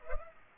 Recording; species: mosquito wingbeat signal from an infrared sensor; Culex pipiens